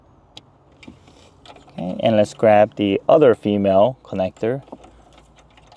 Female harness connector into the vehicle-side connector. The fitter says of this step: like so make sure you hear that click push it in all the way